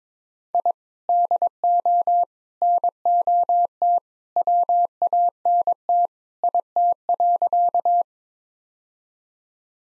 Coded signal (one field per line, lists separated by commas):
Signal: Morse code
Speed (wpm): 22 wpm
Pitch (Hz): 700 Hz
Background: none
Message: I DO NOT WANT IT.